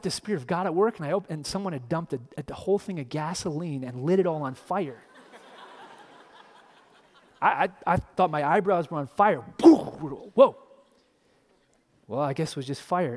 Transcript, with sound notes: Is that the Spirit of God at work?” I opened my eyes and someone had dumped a whole thing of gasoline and lit it all on fire. (Laughter!) I thought my eyebrows were on fire. Well, I guess it was just fire.